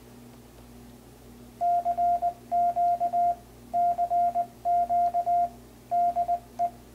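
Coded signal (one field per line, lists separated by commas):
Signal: Morse code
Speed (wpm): 20 wpm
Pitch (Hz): 700 Hz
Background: radio noise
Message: CQ CQ DE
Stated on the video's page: Morse sent at 20 WPM practice on a homemade iambic keyer made of wood, a screw and push-pins.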